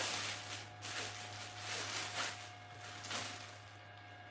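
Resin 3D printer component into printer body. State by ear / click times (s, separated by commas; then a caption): not seated / none. While unboxing an Elegoo Mars 3 resin 3D printer, a plastic or metal part, possibly the resin vat or the cover, is handled and fitted toward the printer body. Soft rustling swishes and light knocks come over a steady low hum, with brief bursts near 0.9 s, 2.2 s and 3.1 s. Nothing has seated or snapped into place yet when the clip ends.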